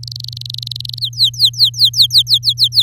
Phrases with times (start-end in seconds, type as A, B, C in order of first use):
0.03-0.99 A, 1.01-2.83 B